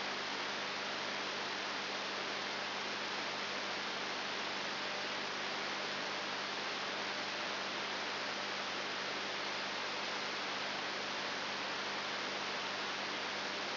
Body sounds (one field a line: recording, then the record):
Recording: brain microelectrode recording played as sound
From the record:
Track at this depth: outside the subthalamic nucleus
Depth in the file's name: 6.1 mm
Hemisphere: left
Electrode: 3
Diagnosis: Parkinson's disease